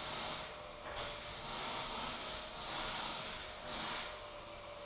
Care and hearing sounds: daily activity, microphone in the room; vacuum cleaning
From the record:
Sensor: 5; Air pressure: 1010.3 hPa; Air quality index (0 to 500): 120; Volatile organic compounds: 2 ppm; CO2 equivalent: 1180 ppm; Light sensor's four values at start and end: 479/1222/506/563 and 478/1218/505/561

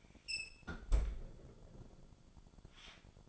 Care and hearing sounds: daily activity, microphone in the room; close fridge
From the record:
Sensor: 5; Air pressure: 1007.9 hPa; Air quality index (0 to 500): 96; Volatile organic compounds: 1 ppm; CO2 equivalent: 750 ppm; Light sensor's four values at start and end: 41/93/39/40 and 39/90/38/39

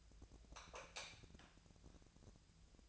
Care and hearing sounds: daily activity, microphone in the room; light off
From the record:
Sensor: 2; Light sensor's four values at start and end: 35/96/40/44 and 31/78/33/38

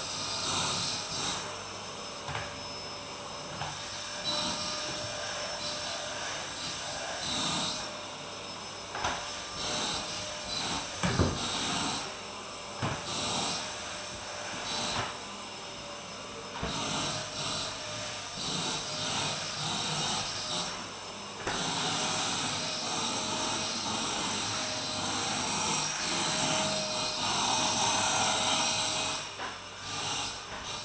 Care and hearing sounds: daily activity, microphone in the room; vacuum cleaning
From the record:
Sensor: 2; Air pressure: 1009.5 hPa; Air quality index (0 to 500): 187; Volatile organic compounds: 12 ppm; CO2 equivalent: 2325 ppm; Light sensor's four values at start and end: 25/60/26/28 and 25/61/26/29

